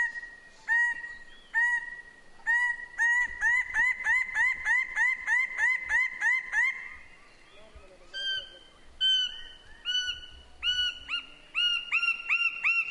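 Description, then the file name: Myna giving a long series of ringing, nasal notes, with a brief pause and then higher-pitched notes toward the end. Papua New Guinea. "Para Mino"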